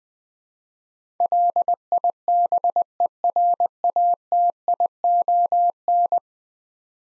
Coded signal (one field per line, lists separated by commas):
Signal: Morse code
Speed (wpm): 20 wpm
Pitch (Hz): 700 Hz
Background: none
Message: LIBERATION